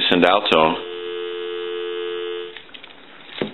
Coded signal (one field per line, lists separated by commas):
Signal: telephone call progress tone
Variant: North America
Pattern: dial tone